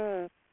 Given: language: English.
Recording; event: throat vibration sensor signal played as sound; speech